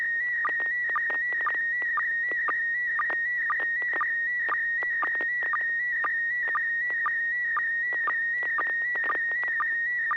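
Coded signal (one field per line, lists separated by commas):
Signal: SSTV (slow-scan television)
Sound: steady warbling tone near 1.9 kHz with regular short low chirps, about two per second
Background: FM radio clicks and static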